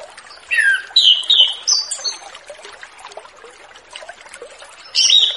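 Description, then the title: Orange-headed thrush song: rich whistled and warbled phrases early on, then a quieter stretch before another bright, high phrase near the end. Relaxed, open 'ngeplong santai' song, used as a lure recording ('pancingan') for wild, free-flying young spotted ('trotol') orange-headed thrushes. "Anis Kembang Ngeplong Santai , Untuk Pancingan Anis Kembang Lepas Trotol"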